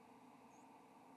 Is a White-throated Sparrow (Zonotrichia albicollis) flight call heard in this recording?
no